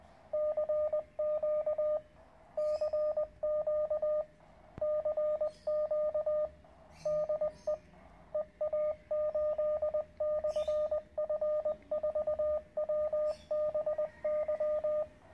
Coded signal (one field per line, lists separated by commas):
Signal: Morse code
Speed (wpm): 20 wpm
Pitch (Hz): 610 Hz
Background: radio noise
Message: CQ CQ CQ DE EA8/F4WBY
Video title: QRP in the Canary Islands.